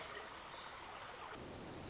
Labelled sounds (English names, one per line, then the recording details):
Pacific Wren
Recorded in Sonoma County, California